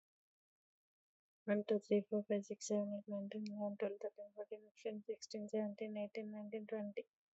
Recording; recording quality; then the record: counting at a fast pace; excellent, no background noise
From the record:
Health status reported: healthy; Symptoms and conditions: none ticked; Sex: female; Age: 49 years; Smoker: not ticked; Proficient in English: yes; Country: India